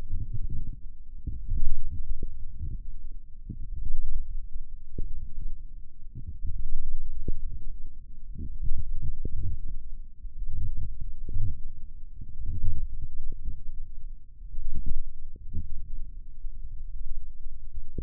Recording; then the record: forearm muscle sounds (acoustic myography)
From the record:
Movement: wrist flexion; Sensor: system 1, eight BSWA MPA416 microphones around the upper forearm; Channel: 5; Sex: female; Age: 21 years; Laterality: right